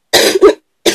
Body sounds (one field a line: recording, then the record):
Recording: coughing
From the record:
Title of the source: 55 gaggy wet cough